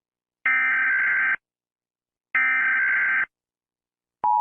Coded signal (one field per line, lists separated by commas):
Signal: Emergency Alert System (SAME) tones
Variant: header bursts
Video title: When eas alarms 4